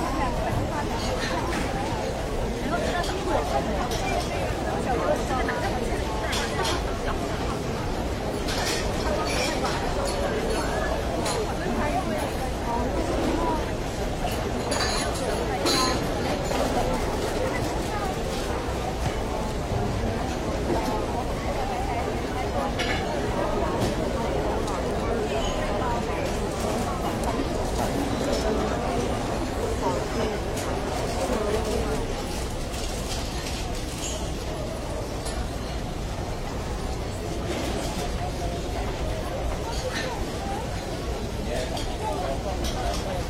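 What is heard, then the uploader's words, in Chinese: Ambience in an airport departure lounge: a steady, dense murmur of many voices blends with a low, continuous rumble throughout. Occasional light clicks and clatters stand out, a few around the middle, and a faint high whine hangs over everything. 一小时机场候机大厅环境音。上海浦东国际机场候机室氛围声音。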